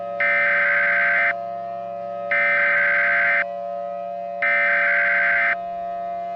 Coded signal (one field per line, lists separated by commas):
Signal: Emergency Alert System (SAME) tones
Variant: header bursts